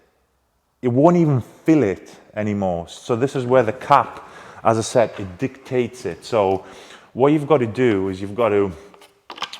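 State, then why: Seated. Someone talks while handling a plastic cap on a dispensing bottle of car wash product. The cap is put back on and snaps shut with a sharp click at 9.3 s, followed by two smaller clicks, and it is seated closed.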